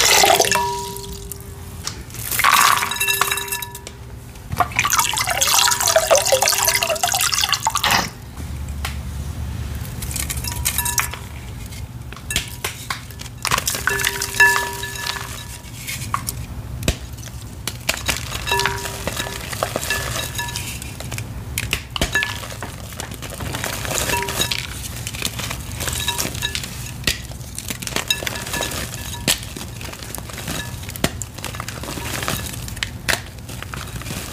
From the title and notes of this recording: Black Iron Oxide Rainbow Water Crumbles! Black iron oxide powder crumbled over rainbow water. Crushing gym chalk sounds, ASMR powder play, water sounds, pouring sounds.